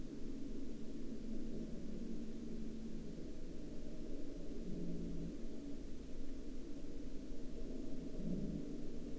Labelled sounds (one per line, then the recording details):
man-made sound
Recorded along the Dalton Highway, Alaska, on 4 April 2019 at 09:33
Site 09